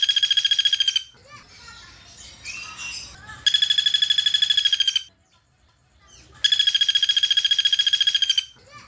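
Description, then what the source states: Streaked spiderhunter song: loud, rapid repeated notes in short bursts, separated by quieter gaps with faint other sounds. Singing vigorously with a clear, long song, used to tutor cage birds.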